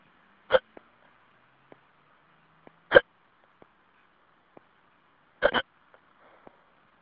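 An adult hiccups over a phone line, leaving a phone message: sharp, abrupt hiccups (singultus) a few seconds apart.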